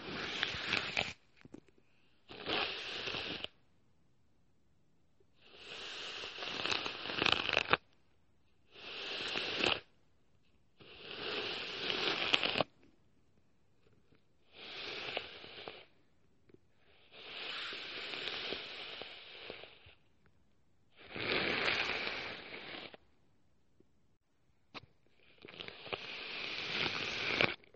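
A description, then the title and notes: Crackly rustling of hair being handled and played with comes in short bursts of one to three seconds, separated by brief silences. About nine bursts occur at an uneven pace, each a dense, bright scratching with no voice or other background sound. Hair play head massage braiding.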